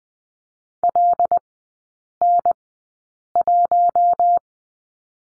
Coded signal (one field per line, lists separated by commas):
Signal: Morse code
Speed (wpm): 20 wpm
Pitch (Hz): 700 Hz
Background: none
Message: LN1